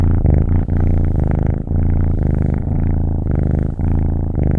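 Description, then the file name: Domestic cat: kitten purr, a deep continuous rumble with rhythmic breathing pulses and a few brief breaks in the flow. "Kitten Purring"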